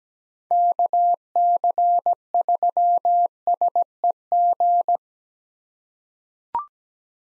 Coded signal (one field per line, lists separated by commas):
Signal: Morse code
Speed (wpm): 17 wpm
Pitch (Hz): 700 Hz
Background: none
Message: KC3SEG